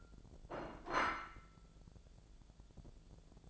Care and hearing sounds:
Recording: daily activity, microphone in the room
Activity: place plate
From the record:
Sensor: 5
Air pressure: 1000.3 hPa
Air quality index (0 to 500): 121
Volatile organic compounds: 1 ppm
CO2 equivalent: 966 ppm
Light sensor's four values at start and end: 105/248/106/114 and 105/248/106/114

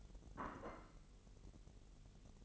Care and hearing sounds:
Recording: daily activity, microphone in the room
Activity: place plate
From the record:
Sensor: 4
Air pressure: 1002.9 hPa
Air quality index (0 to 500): 247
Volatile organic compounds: 20 ppm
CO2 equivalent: 2675 ppm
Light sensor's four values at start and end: 5/12/4/5 and 5/12/4/5

